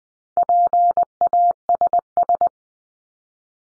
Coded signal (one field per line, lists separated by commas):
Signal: Morse code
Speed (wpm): 20 wpm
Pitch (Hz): 700 Hz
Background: none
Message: PASS